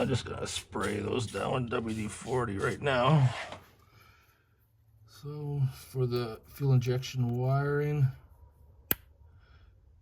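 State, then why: Released. Someone talks while the wiring connector on a diesel fuel injector of a 2.0 TDI CJAA engine, sprayed with WD-40 to loosen it, is unlatched without forcing it. A single sharp pop at 8.9 s marks the connector releasing, and it is pulled off.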